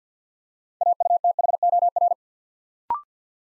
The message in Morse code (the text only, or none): AUTHOR